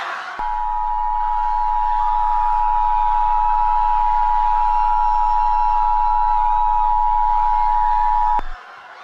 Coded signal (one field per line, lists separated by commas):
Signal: Emergency Alert System (SAME) tones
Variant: 853 and 960 Hz attention tone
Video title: EAS scenario #8 AMERICAN PSYCHO July 4th special